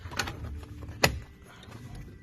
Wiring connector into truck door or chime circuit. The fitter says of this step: Pops right in. Hazards always kick on.